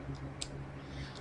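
During a transformation, the waist and nose section of a plastic figure is folded back and its plastic peg is pushed into its socket. A single sharp click is heard at 0.4 s over a steady low hum, and the peg is seated in place.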